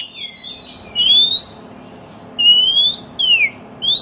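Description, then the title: Oriental magpie-robin giving long clear whistles, several drawn-out notes rising or falling in pitch, separated by short gaps. Song of a magpie-robin played as a lure to prompt other magpie-robins to start singing within minutes, aimed at birds that have stopped singing. "Cukup Hitungan Menit Kacer Lain Bisa Bunyi. CUKUP 5 Menit Kacer LAIN NYAUT JADI GACOR, PANCINGAN KACER MACET BUNYI"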